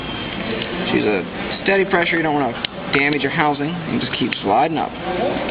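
A small plastic pry tool is worked into the seam of an HTC Wing (T-Mobile) smartphone's plastic housing to release the snap clip on the back cover. A short pop is heard at 0.6 s as the clip pops open, and someone talks throughout.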